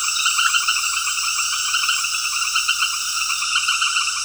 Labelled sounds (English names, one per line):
none